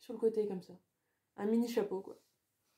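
A homemade mini hat, a milk-bottle cap covered with cardboard and fabric with a small barrette attached, is being handled to clip onto the side of a doll's head. Someone talks in two short bursts, about 0.1–0.8 s and 1.4–2.3 s, with silence between and after. The barrette has not clipped on yet.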